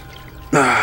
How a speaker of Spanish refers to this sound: Rubén aprovecha el momento para lavarse el rostro con agua del río.